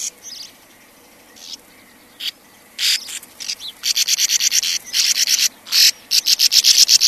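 Sand martin rasping calls, a few scattered buzzes at first, then rapid runs of short harsh notes.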